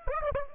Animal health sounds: mosquito wingbeat signal from an infrared sensor; Aedes aegypti

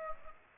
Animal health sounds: mosquito wingbeat signal from an infrared sensor; Aedes aegypti

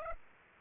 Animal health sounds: mosquito wingbeat signal from an infrared sensor; Aedes aegypti

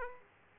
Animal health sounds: mosquito wingbeat signal from an infrared sensor; Aedes aegypti

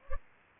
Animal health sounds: mosquito wingbeat signal from an infrared sensor; Culex pipiens

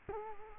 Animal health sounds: mosquito wingbeat signal from an infrared sensor; Culex quinquefasciatus

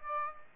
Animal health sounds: mosquito wingbeat signal from an infrared sensor; Aedes aegypti

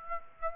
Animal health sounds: mosquito wingbeat signal from an infrared sensor; Aedes aegypti

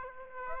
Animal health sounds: mosquito wingbeat signal from an infrared sensor; Aedes aegypti

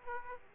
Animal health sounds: mosquito wingbeat signal from an infrared sensor; Aedes aegypti

